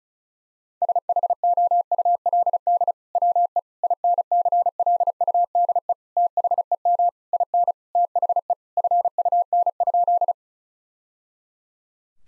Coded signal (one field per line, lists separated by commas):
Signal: Morse code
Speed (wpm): 34 wpm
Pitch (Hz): 700 Hz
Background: none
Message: SHOULD WE INCLUDE THEM IN THE FUN?